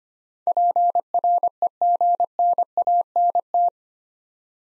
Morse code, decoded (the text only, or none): PREGNANT